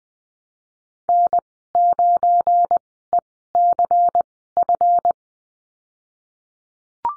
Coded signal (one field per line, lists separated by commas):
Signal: Morse code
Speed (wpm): 20 wpm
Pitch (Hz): 700 Hz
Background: none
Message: N9ECF